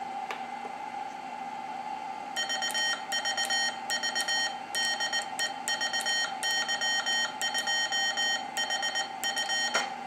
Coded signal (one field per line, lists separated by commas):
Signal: Morse code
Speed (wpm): 19 wpm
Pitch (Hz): 3100 Hz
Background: none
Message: VVV DE VY2HF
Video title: My build of a Morserino-32 kit!